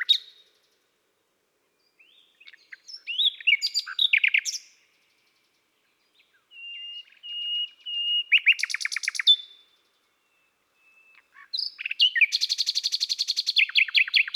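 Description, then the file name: Common nightingale song of scattered chirps, a thin sustained whistle, rapid note bursts and a closing buzzy trill, with silent gaps between phrases. "Rossignol philomele Chants doiseaux des bois et des forets"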